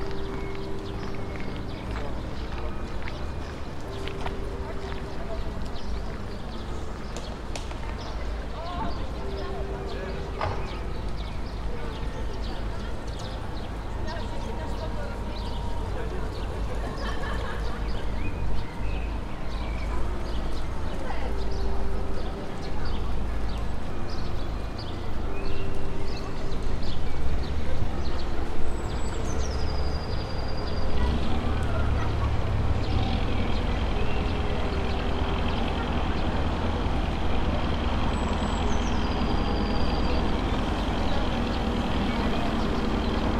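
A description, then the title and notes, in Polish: Midday street sound on a boulevard opposite a bridge: steady traffic rumble, voices, a regularly repeating beep, and two high squeals near the end. Lokalizacja: Stare Miasto, Rynek. Zarejestrowane w południe na Bulwarze Xawerego Dunikowskiego, naprzeciw Mostu Piaskowego. Rekorder, mikrofon: sony pcm d50, mic rode nt4, FEL BMA preamplifier.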